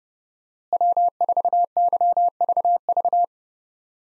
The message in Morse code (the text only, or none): W4YVV